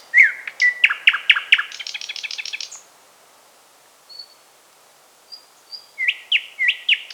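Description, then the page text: Thrush nightingale singing loud sharp whistled notes that run into a fast dry rattle, a pause with a few thin high whistles, then another series of strong rising notes. "Thrush Nightingale Song. Quick Sounds"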